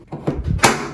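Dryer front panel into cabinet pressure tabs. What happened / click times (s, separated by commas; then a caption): The sheet-metal panel snapped into its tabs / 0.6 s. The top of a Samsung dryer's sheet-metal front panel is realigned and pushed onto the cabinet's pressure tabs during a radiant sensor replacement for a dryer that starts then stops with an HE code. Two softer knocks at 0.1 and 0.3 s lead to a loud, sharp snap at 0.6 s as the panel seats into the tabs.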